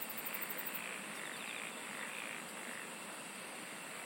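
Insects singing: a quick pulsed trill opens the first second, then a steady shrill drone continues above soft background noise.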